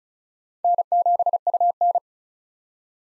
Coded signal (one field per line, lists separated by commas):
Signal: Morse code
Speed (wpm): 36 wpm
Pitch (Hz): 700 Hz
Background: none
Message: N7UN